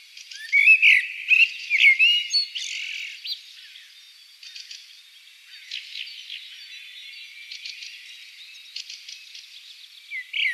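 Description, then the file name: Common blackbird song: mellow fluted warbling phrases in the first three seconds, then soft high twittering notes, with one more short phrase at the very end. "Turdus merula"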